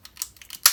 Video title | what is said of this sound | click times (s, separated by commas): Transformers Fans Toys FT-16 Sovereign (Pre-production Sample) // P4L Reviews | all the way until you hear that click there should be no gap between the G gray piece and a purple piece in here | 0.7 s